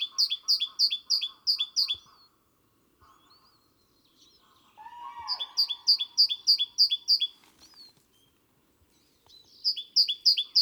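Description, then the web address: Great tit giving fast repeated two-part notes in three bursts separated by pauses, with brief lower chattering and a softer buzzy call between bursts. "SETE data Parus major"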